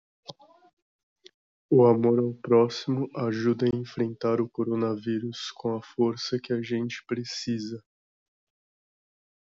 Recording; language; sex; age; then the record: spoken sentence; Brazilian Portuguese; male; 18 to 19 years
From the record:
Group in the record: control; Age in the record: 19 years